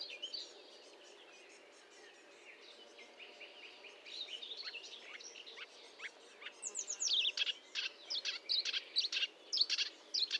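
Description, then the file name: Marsh warbler song starting faint and soft, then swelling into loud sharp chirps and buzzy notes in quick succession. Recorded 1 June 2022 at 10:55 at Fontaine-Française (Fourneau), using a Nagra recorder with a Telinga microphone. "Rousserolle verderolle 20220601 1055 Fontaine-Francaise-Fourneau-Nagra-Telinga"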